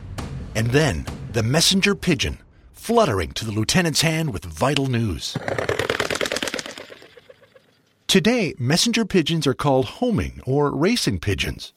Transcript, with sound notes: And then the messenger pigeon, fluttering to the lieutenant’s hand with vital news? [Sound of Rock Pigeon taking flight]
Today messenger pigeons are called homing or racing pigeons